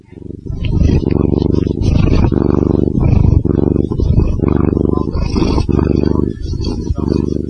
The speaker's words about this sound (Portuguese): Vocês estão ouvindo um gato ronronar aí? Sim, dá um peteleco nele. Tadinha.